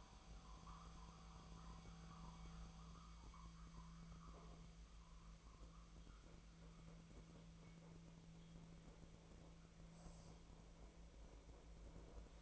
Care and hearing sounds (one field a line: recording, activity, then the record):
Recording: daily activity, microphone in the room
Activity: make coffee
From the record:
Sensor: 1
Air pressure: 1009.4 hPa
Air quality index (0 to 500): 196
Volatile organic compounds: 20 ppm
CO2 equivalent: 2678 ppm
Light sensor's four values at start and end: 28/73/30/36 and 28/73/30/36